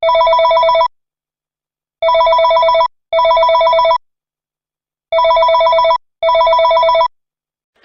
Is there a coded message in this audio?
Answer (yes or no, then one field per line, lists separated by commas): no